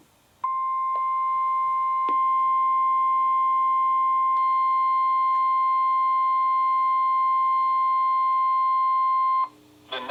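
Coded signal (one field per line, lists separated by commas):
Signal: Emergency Alert System (SAME) tones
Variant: 1050 Hz attention tone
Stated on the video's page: NOAA Weather Radio alerts from station KHB36 issued by Sterling, VA: severe thunderstorm watches and warnings and a special marine warning.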